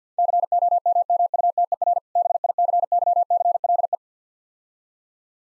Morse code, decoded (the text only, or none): COMMUTER BICYCLE